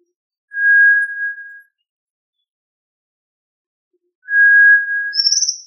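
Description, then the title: Tinamou whistled call: two long, steady, pure notes on one pitch, each about a second long and about two and a half seconds apart, a brief higher trill overlapping the end of the second. "Familia Tinamidae - Quail - Puyuh"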